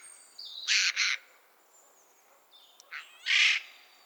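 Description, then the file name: Eurasian jay giving harsh, rasping screeches: a quick pair of hoarse bursts early on, then after a pause a single longer screech preceded by a short scratchy note. "Garrulus glandarius"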